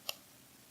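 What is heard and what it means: The sliding battery cover of a Limitless Arms Race V2 box vape mod from The Limitless Mod Company is pushed back over the two batteries until it latches. A single sharp, bright click sounds at 0.1 s against an otherwise quiet background. The cover is seated and holds steady and sturdy.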